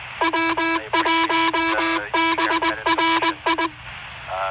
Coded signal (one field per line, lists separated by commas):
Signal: Morse code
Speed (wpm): 20 wpm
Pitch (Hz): 330 Hz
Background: music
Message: W1BRI